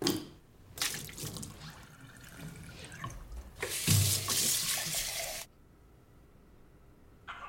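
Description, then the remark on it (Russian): Wine splashes into a kitchen sink in two bursts: a short splash as a man spits out a mouthful of wine, then a longer, louder steady pour as he pours out the rest of the glass, stopping abruptly and leaving quiet. “Он набирает в рот вино, выплевывает его в мойку и выливает остальное.”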